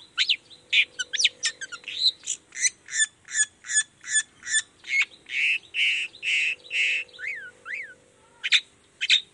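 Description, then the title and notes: Long-tailed shrike song, a busy run of harsh notes and whistles repeated roughly twice a second, with a steady low hum underneath. Long-tailed shrike in full song (gacor) in the morning, singing the 'toet toet' variation; said to prompt other shrikes to answer. "Cendet Gacor Dor Di Kala Pagi Toet Toet Variasi Suara. Cendet Gacor Pagi Hari Biangnya Bikin Cendet Manapun Langsung On Nyaut Buka Materi. Burung cendet"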